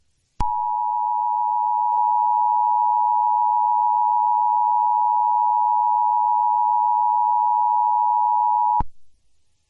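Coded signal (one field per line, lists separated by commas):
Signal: Emergency Alert System (SAME) tones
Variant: 853 and 960 Hz attention tone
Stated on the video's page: Fictional EAS scenario, not a real alert.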